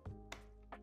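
The top section of an electronic hookah is placed on its base and pressed down until its lock engages. A sharp click at 0.3 s marks the lock catching, with softer knocks around 0.1 s and 0.7 s over a steady low hum. The top is locked onto the base.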